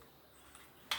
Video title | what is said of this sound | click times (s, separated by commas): PRESENTATION DE LA BROSE NETTOYANT ZEITGARD LR | ça me fait un petit clic un tout petit nike | 0.9 s